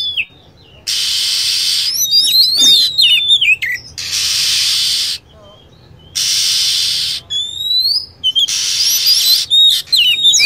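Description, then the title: Lovebird calls: rapid shrill chirps and downward-sliding squeaks in bunches, alternating with long blocks of loud hissing noise. Lure sound used to attract lovebirds. "PIKAT BURUNG LOVEBIRD"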